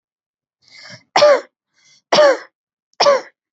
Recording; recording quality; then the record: shallow voluntary cough; excellent, no background noise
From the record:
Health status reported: respiratory illness, not identified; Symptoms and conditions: asthma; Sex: female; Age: 23 years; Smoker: not ticked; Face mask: not worn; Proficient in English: yes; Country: India